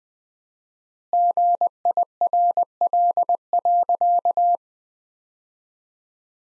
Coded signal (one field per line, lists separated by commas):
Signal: Morse code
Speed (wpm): 20 wpm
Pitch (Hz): 700 Hz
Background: none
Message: GIRL.